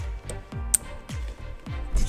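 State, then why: Seated. The driver plug of an LED headlight bulb on a 4Runner is pushed into the vehicle's factory headlight wiring connector, a plastic automotive plug, while music plays in the background. A single sharp, loud click is heard at 0.8 s as the connector seats.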